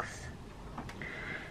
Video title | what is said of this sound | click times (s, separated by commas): Neewer Macro Extension Tubes for Canon Camera-Unboxing, Review and Demonstration | again match the white dots up and twist until it locks | 0.0 s